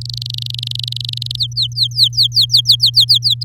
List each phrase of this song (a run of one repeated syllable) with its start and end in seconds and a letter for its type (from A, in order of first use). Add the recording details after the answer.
0.01-1.36 A, 1.38-3.34 B. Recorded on 6 May 2018 at 08:55. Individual llb16